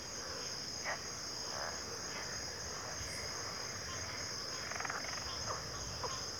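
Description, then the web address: Crickets trilling in a constant high-pitched band, joined by faint intermittent frog croaks in the background. Chorus of crickets at a backwater. "Natures Songs Sleep Sounds of Nature CRICKETS 03 Backwater Chorus"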